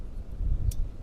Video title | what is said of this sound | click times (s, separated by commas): How to: Wiper Blade Replace DIY Infiniti EX35 (EX37 as well) | Make sure it locks in place. | 0.7 s